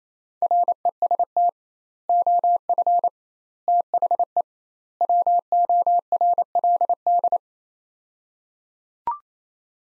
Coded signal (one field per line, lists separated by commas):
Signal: Morse code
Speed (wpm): 28 wpm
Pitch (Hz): 700 Hz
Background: none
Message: REST OF THE WORLD